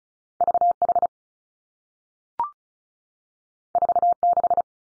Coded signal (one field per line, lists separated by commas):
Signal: Morse code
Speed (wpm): 36 wpm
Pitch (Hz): 700 Hz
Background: none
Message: V H 4 6